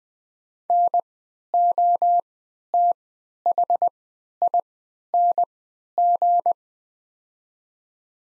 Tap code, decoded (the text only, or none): none